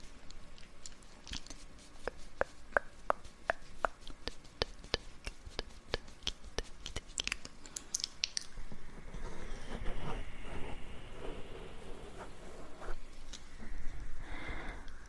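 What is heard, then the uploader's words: Mouth sounds and hand movements. For the first eight seconds, sharp tapping clicks repeat in quick, fairly regular bursts. After that, softer rustling, shushing and wet mouth noises take over, swelling and fading until the end. TUC TUC, SK SK e SHH | Mouth Sounds e Hand Movements. ASMR repleto de sons de boca e sons de m aos no 3DIO para te fazer sentir arrepios.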